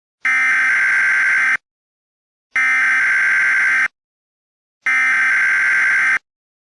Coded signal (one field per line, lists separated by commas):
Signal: Emergency Alert System (SAME) tones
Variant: header bursts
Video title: Emergency Alert System: A Broadcasted Cry